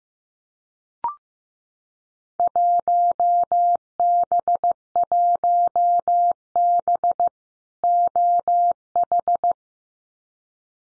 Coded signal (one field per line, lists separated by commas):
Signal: Morse code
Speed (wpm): 15 wpm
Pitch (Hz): 700 Hz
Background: none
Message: 1B1B OH